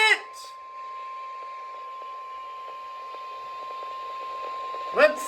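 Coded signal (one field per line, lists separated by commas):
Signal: Emergency Alert System (SAME) tones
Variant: 1050 Hz attention tone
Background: speech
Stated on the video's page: Winter storm warning EAS alerts.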